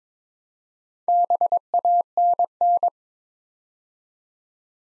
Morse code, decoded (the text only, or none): BANN